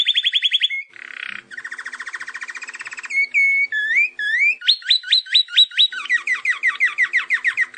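Canary singing a quick pulsing roll, then a rattling trill, sweeping whistled slurs and a run of sharp repeated rising notes followed by falling chirps.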